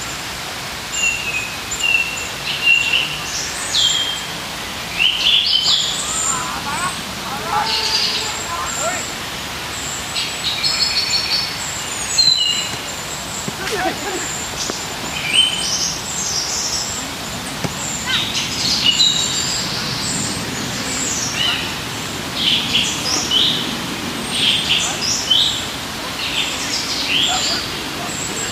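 Outdoors in a park, birds chirp and call almost continuously, their bright, quick notes overlapping from several directions. Beneath them runs a low, steady murmur of activity, with faint voices and occasional soft knocks and rustles.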